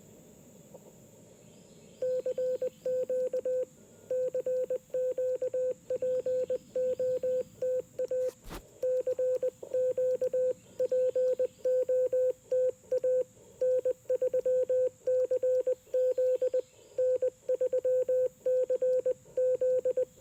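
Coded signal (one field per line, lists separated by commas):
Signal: Morse code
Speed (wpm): 20 wpm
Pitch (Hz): 510 Hz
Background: none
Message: CQ CQ POTA CQ POTA N3CZ N3CZ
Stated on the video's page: CW during a POTA park activation on a homebrew 20 m QRP transceiver with mini CW key and EFHW antenna.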